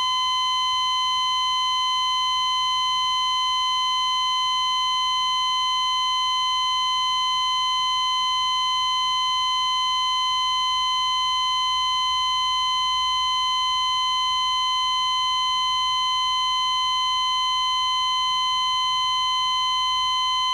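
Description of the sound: Simulated cardiac monitor sounding an ECG flatline: a single continuous, unbroken high-pitched tone near 1 kHz with overtones, held steady throughout with no beeps.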